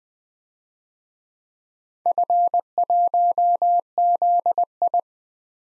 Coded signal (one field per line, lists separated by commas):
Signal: Morse code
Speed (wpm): 20 wpm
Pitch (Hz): 700 Hz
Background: none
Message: F1ZI